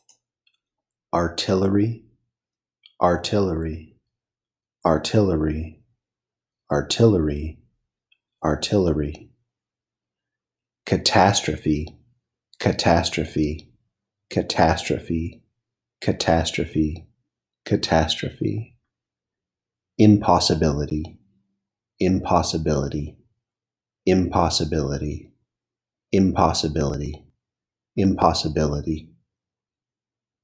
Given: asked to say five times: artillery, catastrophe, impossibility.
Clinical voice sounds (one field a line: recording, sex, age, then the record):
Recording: three words, each repeated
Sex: male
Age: 30 to 39 years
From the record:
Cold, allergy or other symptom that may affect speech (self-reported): no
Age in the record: 38 years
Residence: Nevada, United States